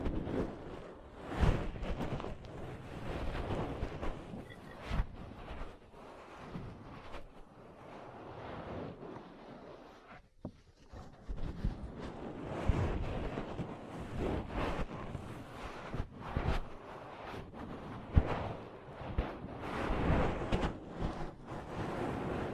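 Ear cleaning and massage sounds: dense, rustling rubs and scrapes fill the whole 23 seconds, swelling and easing in uneven waves. Short sharp taps and pops cut through every second or so, with a brief near-silent gap just after ten seconds.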